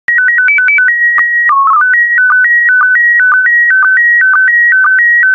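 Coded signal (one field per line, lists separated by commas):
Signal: SSTV (slow-scan television)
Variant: PD 120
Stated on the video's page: SSTV images sent in PD120 mode.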